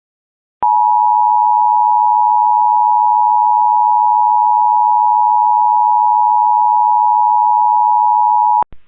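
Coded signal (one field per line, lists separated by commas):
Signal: Emergency Alert System (SAME) tones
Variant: 853 and 960 Hz attention tone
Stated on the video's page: Required monthly test SAME alert issued by a cable system for Northern California counties.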